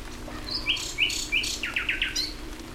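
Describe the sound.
Common nightingale song: a loud whistled note repeated three times, then a quick run of falling slurred notes, over low steady hum.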